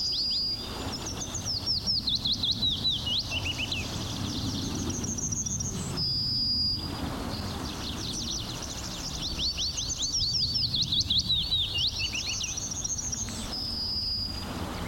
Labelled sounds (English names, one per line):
Yellowhammer